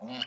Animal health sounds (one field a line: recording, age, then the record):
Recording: pig call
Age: piglet (1 to 25 days)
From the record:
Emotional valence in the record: negative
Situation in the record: long isolation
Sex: male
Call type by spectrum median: low-frequency call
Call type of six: mixed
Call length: 0.27 s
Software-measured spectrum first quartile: 473 Hz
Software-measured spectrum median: 1928 Hz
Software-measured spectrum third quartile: 3071 Hz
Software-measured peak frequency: 2965 Hz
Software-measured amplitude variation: 149 dB a second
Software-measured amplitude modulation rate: 12.9 a second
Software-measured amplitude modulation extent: 11.6 dB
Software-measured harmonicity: 3.8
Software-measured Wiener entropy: -2.40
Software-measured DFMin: 770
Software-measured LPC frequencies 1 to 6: 535, 1605, 2947, 4306, 5562, 7295 Hz